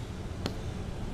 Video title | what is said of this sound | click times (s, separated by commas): เปลี่ยนหลอดไฟหน้า MG3 | เนาะน่าจะเห็นกันเนาะเนี่ยเข้าล็อกตัวนี้เสร็จแล้วก็จะแน่นใช่ไหมขยับไม่หลุดที | 0.5 s